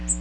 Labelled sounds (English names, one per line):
Magnolia Warbler flight call